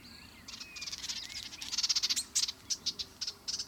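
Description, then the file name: Common whitethroat song: a rapid run of harsh, buzzy high notes, with faint thin slurred notes beneath. "canto verso sterpazzola sylvia communis common whitethroat curruca zarcera"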